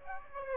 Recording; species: mosquito wingbeat signal from an infrared sensor; Aedes aegypti